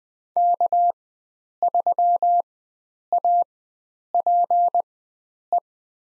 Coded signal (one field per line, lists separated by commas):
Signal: Morse code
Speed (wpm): 20 wpm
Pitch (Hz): 700 Hz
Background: none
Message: K3APE